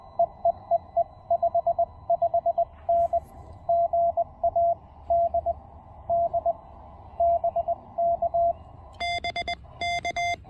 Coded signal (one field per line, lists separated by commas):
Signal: Morse code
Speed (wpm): 21 wpm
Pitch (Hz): 690 Hz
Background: radio noise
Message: EEEE 55N GA DD BK BK